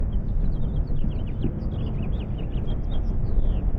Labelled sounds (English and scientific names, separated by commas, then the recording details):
House Finch (Haemorhous mexicanus) song
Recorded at Neponsit on Long Island, New York, on 4 June 1975
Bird C